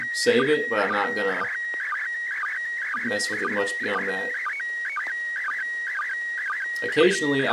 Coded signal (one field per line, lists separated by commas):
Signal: SSTV (slow-scan television)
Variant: PD 120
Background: speech